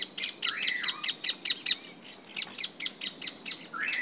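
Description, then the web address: Bird giving quick runs of high chirps, several per second, with a slurred swooping note near the start and another at the end. "os passaros"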